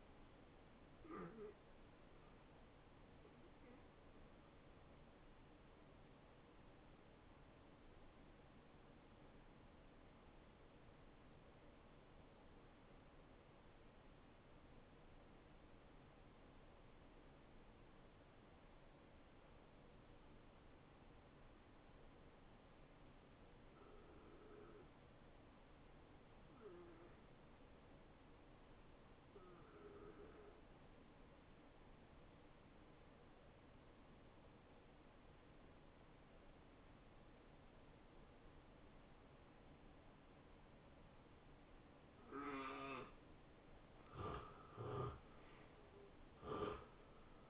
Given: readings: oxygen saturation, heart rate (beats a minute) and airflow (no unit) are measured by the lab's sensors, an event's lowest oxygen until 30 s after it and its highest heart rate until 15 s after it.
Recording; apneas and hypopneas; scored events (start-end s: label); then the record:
breathing in sleep by a voice recorder at the bedside; 1
8.00-38.00 s: new sleep stage, N2 (light sleep)
9.00-41.50 s: hypopnea (N2, oxygen 93% highest, then 77% lowest, heart rate 77 at the start, 80 highest)
38.00-47.50 s: new sleep stage, N1 (lightest sleep)
From the record:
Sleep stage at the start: N1 (lightest sleep); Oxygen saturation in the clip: 80 to 93%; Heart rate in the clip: 70 to 80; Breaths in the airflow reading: 9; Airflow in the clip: -20.1 to 9.5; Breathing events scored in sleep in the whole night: 263 in 5.5 hours asleep